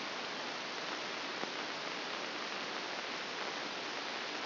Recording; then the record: brain microelectrode recording played as sound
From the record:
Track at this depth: inside the subthalamic nucleus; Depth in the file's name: 4.663 mm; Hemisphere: left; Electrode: 2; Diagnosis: Parkinson's disease